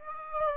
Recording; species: mosquito wingbeat signal from an infrared sensor; Aedes aegypti